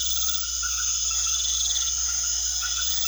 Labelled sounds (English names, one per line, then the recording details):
none
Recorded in secondary vegetation near Puerto Asís, Putumayo, Colombia, on 4 March 2025 at 22:00
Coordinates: 0.500, -76.326
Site GP04